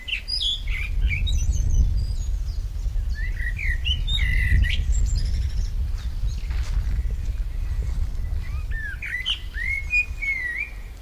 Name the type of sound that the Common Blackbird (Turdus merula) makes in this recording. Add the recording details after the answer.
song. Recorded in the wild. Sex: male. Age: adult. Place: Töplitz, Brandenburg, DE. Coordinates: 52.4333, 12.9. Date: 1996-06-15 14:33. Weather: cloudy, 16°C. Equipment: Sony MD-WM MZ-R3, Sennheiser MKH 416 T, Kopie Uher 4000 Report Monitor. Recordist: Tembrock, Günter